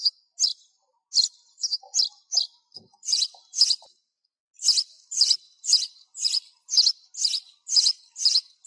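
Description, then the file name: Sparrow calls: scattered sharp chirps, a brief pause midway, then a brisk regular series of high chirps. Sparrow calling to its flock. "tieng se goi bay"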